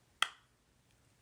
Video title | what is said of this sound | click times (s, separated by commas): Best Makeup of 2024 and One Fail - Gisou, LYS, Saie, Ciele, Lawless, Tower 28, Gen See, MOB | and you hear it click like that. | 0.2 s